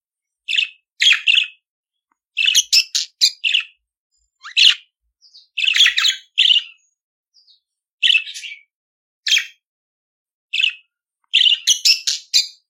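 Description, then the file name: Budgerigar song of clipped, buzzy chirps and scratchy squawks, grouped in quick clusters separated by short silences. "Canto do periquito australiano"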